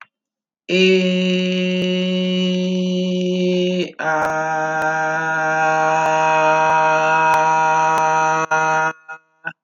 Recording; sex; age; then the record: vowel held as long as possible; male; 20 to 29 years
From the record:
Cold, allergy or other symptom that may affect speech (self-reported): no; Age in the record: 24 years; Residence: Nevada, United States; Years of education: 14